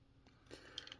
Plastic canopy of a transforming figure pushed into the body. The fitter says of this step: And then we can bring the canopy now and push it all the way in. And it'll click into place.